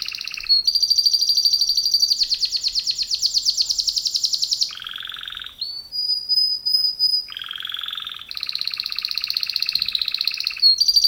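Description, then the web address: Canary song: a run of rapid high trills, each phrase changing speed and tone, with a lower buzzy roll, a steady pure whistled note, then fast chattering trills again. Canary named Businka, singing. "kenar businka canto kenar"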